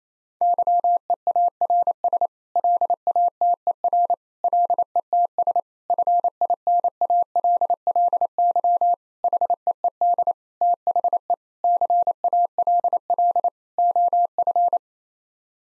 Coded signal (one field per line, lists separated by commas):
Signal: Morse code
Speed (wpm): 28 wpm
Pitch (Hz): 700 Hz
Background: none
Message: YEARS LATER LETS FINALLY HEED THE CALL OF